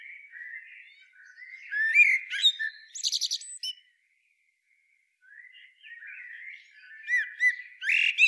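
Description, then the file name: Common blackbird singing a fluty warble ending in a thin, high twitter, a short silence, then another warbled phrase with squeaky notes. "Turdus merula"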